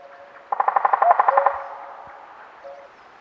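Three-toed woodpecker drum: one rapid, steady roll of knocks lasting about a second, then quiet.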